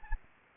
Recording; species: mosquito wingbeat signal from an infrared sensor; Anopheles gambiae